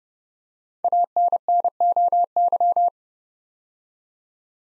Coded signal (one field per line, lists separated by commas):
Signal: Morse code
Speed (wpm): 29 wpm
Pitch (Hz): 700 Hz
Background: none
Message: ANNOY